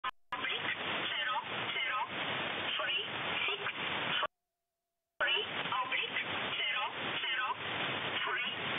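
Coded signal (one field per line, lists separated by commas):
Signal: numbers station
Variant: E11 Oblique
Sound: voice reading short words through hissy, band-limited radio, with a brief silent break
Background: radio static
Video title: E11 Oblique Numbers Station, 363/00, 9.13 MHz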